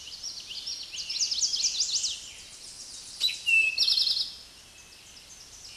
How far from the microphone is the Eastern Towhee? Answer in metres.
about 5 m